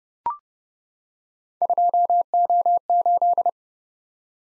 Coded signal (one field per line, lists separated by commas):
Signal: Morse code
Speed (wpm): 29 wpm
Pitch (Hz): 700 Hz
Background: none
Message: 2O8